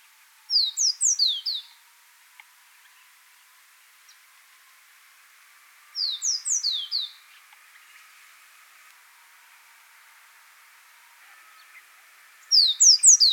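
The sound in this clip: Yemen serin song: short phrases of about five high, descending slurred notes, repeated roughly every six seconds, with faint background hiss between phrases.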